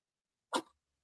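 A single short, harsh, rasping burst lasting about a quarter of a second, with a brief rough tail. An adult woman imitates her father's habitual throat-clearing hawk, loud enough to be heard from far away, with the sound of spit from phlegm that was always in his throat. He was a chain smoker of menthol cigarettes (Cools).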